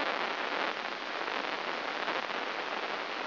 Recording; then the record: brain microelectrode recording played as sound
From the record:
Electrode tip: inside the subthalamic nucleus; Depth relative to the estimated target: 1 mm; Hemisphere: right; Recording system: AlphaMap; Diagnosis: Parkinson's disease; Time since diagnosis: 7 years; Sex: female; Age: 49 years